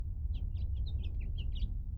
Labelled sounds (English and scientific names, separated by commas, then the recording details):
House Finch (Haemorhous mexicanus) song
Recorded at Lawrence on Long Island, New York, on 4 June 1975
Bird D